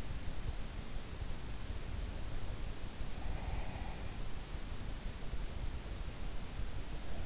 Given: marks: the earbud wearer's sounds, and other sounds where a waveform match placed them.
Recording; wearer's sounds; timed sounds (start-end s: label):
sounds in sleep by an in-ear microphone; breath
2.95-4.30 s: breath